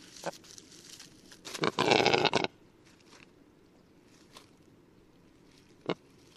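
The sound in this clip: Rackelhahn (black grouse × capercaillie hybrid): rackelhahn with a harsh, grating rasp lasting nearly a second, followed by a few isolated dry clicks against a quiet background.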